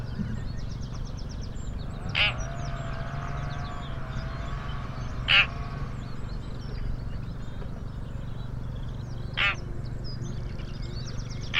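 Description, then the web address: Bird uttering abrupt harsh call notes, four in all, spaced a few seconds apart, against chattering birds and continuous low-pitched rumble. Call type labelled "Pi Pi Pi Pi" class. "cianscape birddata Deverinetal 2025 File origin Bird Only More Classes Pi Pi Pi Pi"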